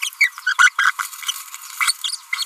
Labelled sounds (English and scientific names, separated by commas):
Green-rumped Parrotlet (Forpus passerinus) babbling